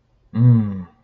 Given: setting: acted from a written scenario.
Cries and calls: vocal sound without words; triumph

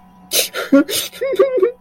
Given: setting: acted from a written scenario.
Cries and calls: vocal sound without words; sadness

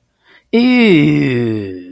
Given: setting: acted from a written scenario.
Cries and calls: vocal sound without words; disgust

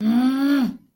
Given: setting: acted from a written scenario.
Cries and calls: vocal sound without words; anger

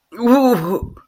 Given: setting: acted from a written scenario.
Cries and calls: vocal sound without words; pain

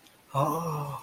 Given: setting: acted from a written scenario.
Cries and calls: vocal sound without words; realization

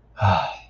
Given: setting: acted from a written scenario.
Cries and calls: vocal sound without words; relief

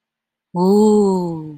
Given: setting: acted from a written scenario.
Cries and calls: vocal sound without words; awe

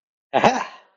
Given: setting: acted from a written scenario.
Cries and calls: vocal sound without words; triumph

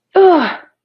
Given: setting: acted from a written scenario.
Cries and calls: vocal sound without words; negative surprise

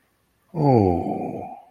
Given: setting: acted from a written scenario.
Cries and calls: vocal sound without words; contentment

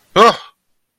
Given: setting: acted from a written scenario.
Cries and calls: vocal sound without words; negative surprise

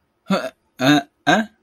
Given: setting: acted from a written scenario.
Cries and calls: vocal sound without words; confusion

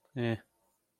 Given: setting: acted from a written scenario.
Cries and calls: vocal sound without words; neutral

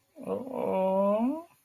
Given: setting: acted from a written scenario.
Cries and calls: vocal sound without words; sympathy

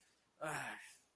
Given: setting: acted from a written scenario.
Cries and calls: vocal sound without words; anger

